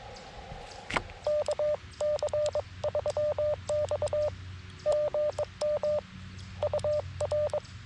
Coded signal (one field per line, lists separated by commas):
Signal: Morse code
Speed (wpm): 22 wpm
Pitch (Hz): 600 Hz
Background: none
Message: KC3X GM UR